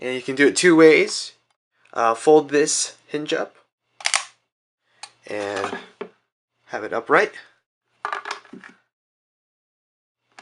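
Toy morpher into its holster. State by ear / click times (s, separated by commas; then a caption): not seated / none. Someone talks while handling the plastic Legacy Power Morpher toy, with its hinge folded upright, as it is about to be pushed into its plastic belt holster. Brief handling taps and knocks sound around 4.0 s, 5.0 s and 8.1–8.3 s between the speech. Nothing has seated or clicked into the holster yet.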